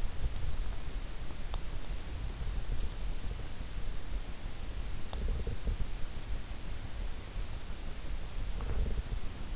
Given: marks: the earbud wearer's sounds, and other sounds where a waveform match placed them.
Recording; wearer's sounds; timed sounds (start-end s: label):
sounds in sleep by an in-ear microphone; teeth grinding, swallowing
1.53-1.59 s: teeth grinding
5.09-5.88 s: swallowing
8.53-9.20 s: swallowing